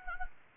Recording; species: mosquito wingbeat signal from an infrared sensor; Anopheles gambiae